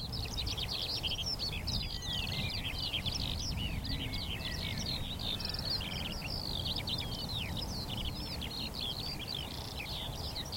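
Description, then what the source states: Eurasian skylark song, several birds singing at once in a thick, continuous warble of high chirps and twittering trills above low background noise. Chorus of skylarks rising from young barley, singing exultantly as they climb high into a cloudy sky; vast open field, northern edge of the Cotswolds, South Warwickshire.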